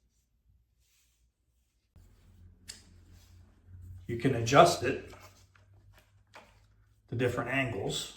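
The angle adapter joint on a Sherlock paint extension pole is handled and adjusted while someone talks, with a few faint handling ticks in between. Nothing has seated or clicked yet, as the clip ends just before the adjustable head snaps into its locked position.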